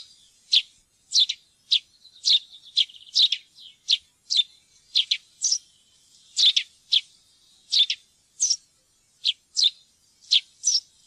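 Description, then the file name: Eurasian tree sparrow chirping: a steady, busy stream of short, high chirps, about two per second, with faint chatter between them. "pilfink"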